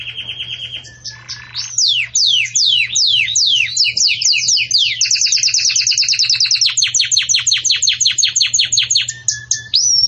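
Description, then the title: Canary song with a steady tone, then many fast sweeping notes leading into a rapid rolling trill. Belgian canary song used for teaching breeding chicks (encarte de filhotes); 'campainha' style. "Canto Do Canário Belga Campainha Para Encarte De Filhotes"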